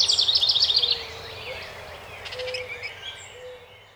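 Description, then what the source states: House wren song, a fast chattering trill in the first second, then quieter varied calls and low soft whistles. Recorded 12 May 2018.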